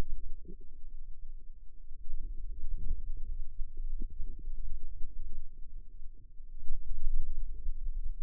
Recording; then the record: forearm muscle sounds (acoustic myography)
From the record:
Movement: radial deviation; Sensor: system 2, bracelet of six BSWA MPA416 microphones around the upper forearm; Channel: 2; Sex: female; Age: 22 years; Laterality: right